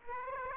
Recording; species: mosquito wingbeat signal from an infrared sensor; Aedes aegypti